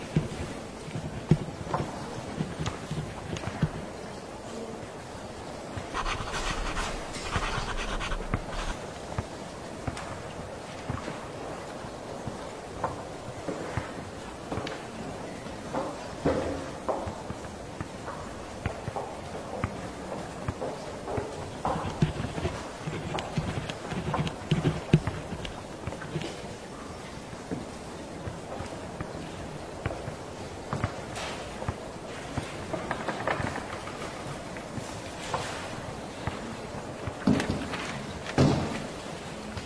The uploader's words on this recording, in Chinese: 放学后的教室。氛围白噪音。